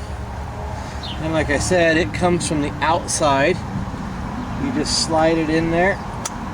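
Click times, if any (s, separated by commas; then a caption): none. On a 2006 Saturn Ion, a new plastic door contact switch is slid from the outside into its hole in the car's door jamb, to be pressed until its locking tabs catch. Someone talks over a steady background of vehicle and traffic noise. Nothing has seated or clicked yet; the clip ends just before the switch goes home.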